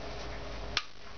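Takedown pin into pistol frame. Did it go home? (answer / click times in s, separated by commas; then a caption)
yes / 0.8 s. The stiff metal takedown pin of a Ruger Mk III pistol is worked and realigned into the pistol frame. A steady background hiss is broken by one sharp, bright click at 0.8 s, after which it goes quieter. The takedown pin seats home in the frame.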